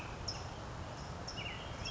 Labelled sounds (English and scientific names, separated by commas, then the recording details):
California Towhee (Melozone crissalis)
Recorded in Sonoma County, California